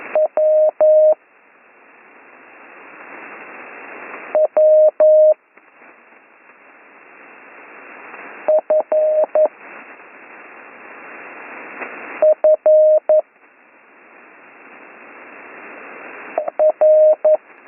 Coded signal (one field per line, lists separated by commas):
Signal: Morse code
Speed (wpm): 11 wpm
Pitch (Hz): 620 Hz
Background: radio noise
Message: W W F F R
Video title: Slow Morse Code Course - Week 5 - Learn Morse Code